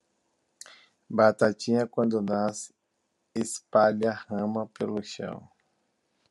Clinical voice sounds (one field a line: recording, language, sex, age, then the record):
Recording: short text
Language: Brazilian Portuguese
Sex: male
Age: 40 to 49 years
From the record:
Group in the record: control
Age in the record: 44 years